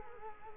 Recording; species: mosquito wingbeat signal from an infrared sensor; Culex quinquefasciatus